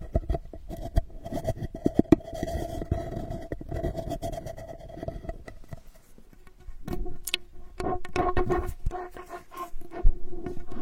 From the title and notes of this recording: Unique straw therapy ear digging experience.